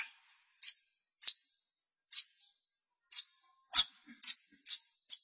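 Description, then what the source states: Long-tailed shrike song: spaced single high, sharp chirps, about one every half second to second, with quiet pauses between. Recorded March 2017; bird called pentet locally.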